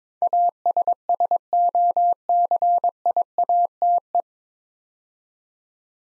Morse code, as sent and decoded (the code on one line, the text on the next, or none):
.- ... ... --- -.-. .. .- - .
ASSOCIATE